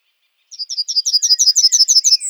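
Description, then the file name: Yellowhammer song, a rapid series of many buzzy, chipping high notes, closing with a higher, drawn-out note. "emberiza citrinella"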